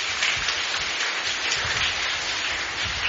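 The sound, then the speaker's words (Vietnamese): A group of children clapping together in a dense, steady burst of applause that stays loud and even for the whole few seconds, with no voices standing out, giving a big round of applause at their teacher's request. “Cho một tràng pháo tay thật to.”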